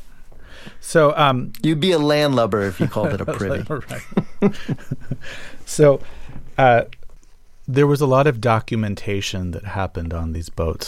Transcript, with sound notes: So...
You'd be a landlubber if you called it a privy.
(Laughter) All right. So there was a lot of documentation that happened on these boats.